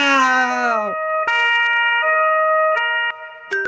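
A loud emergency siren wails downward in pitch, then shifts into steady, sustained electronic tones that cut in and out abruptly. No one speaks over it.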